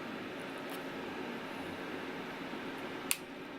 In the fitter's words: it's something like that now you should hear a click the top one it's detached as you can see now